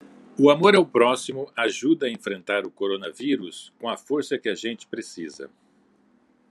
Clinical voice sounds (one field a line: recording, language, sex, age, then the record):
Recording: spoken sentence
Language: Brazilian Portuguese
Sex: male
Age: 60 to 69 years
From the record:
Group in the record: control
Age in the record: 62 years